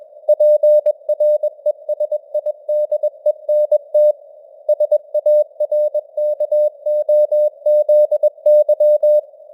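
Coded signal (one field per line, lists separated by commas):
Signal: Morse code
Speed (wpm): 21 wpm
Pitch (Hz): 600 Hz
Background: none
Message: PRESIDENT SARKOZY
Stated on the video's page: Morse news headlines at 21 wpm with simulated radio noise and varying signal strength (QSB).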